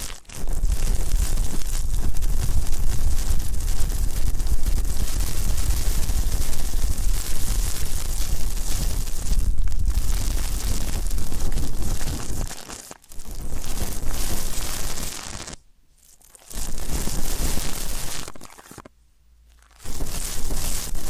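Deep ear canal and eardrum cleaning, heard as a loud, dense crackling and scraping rumble with heavy low thumping underneath. It runs almost nonstop for thirteen seconds, then breaks into shorter bursts separated by two near-silent pauses around sixteen and nineteen seconds.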